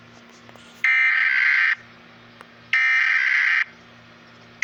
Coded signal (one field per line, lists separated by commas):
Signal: Emergency Alert System (SAME) tones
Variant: header bursts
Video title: Rating Eas alarm From different countries